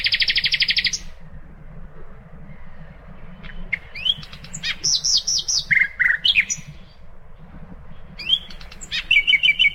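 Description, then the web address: Common nightingale song: a loud fast trill opens, followed by varied whistles, slurred notes and chattering runs, ending with another rapid repeated phrase. "birdsong nightingale"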